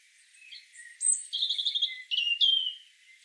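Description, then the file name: European robin singing one continuous phrase of varied high notes: thin whistles, sweet trills and quick sliding tones that stay high throughout. "Erithacus rubecula"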